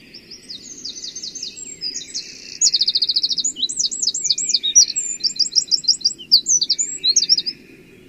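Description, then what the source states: Eurasian Wren song: a loud, rapid outpouring of high trills and rattling note series, fast and varied, over a low background hum. Played as one of the birds that sing in local gardens.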